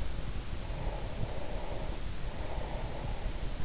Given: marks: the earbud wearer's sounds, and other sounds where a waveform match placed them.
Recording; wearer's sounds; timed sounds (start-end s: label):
sounds in sleep by an in-ear microphone; breath
0.73-3.54 s: breath